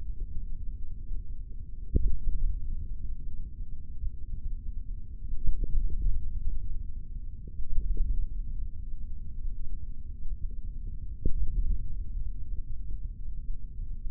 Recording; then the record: forearm muscle sounds (acoustic myography)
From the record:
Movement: index flexion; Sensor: system 3, bracelet of six PUI Audio POM-2738L microphones around the upper forearm, with dedicated amplification and filtering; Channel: 2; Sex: male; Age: 23 years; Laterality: right